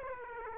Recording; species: mosquito wingbeat signal from an infrared sensor; Aedes aegypti